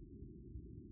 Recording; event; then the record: neck accelerometer signal played as sound; no cough (speech, laughter, throat clearing or background)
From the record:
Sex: female